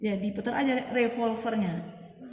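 Someone talks while handling the rotating nosepiece (revolver) of a microscope, about to turn it to swing the 40x objective lens into place. Only speech is heard, and nothing has seated or clicked yet.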